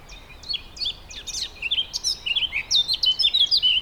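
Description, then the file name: Eurasian blackcap delivering a continuous bright warble, quick chirps building into louder, clearer whistled notes through the phrase. "Sylvia atricapilla"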